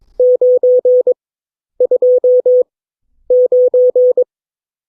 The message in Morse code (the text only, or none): 929